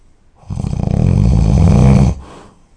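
A single low, rattling snore of about one and a half seconds, heard during sleep.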